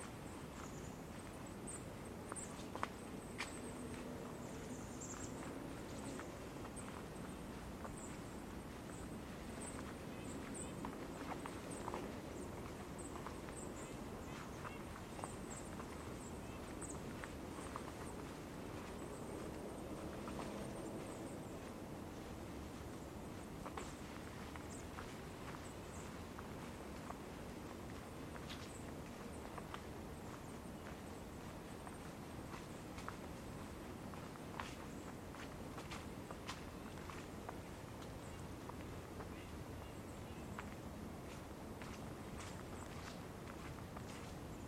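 Winter ambience in a forest park, a steady low rumble of wind or far traffic filling the whole stretch. Frequent sharp clicks and crunches, like footsteps or snapping twigs, break through irregularly, with faint bird-like high chirps scattered throughout.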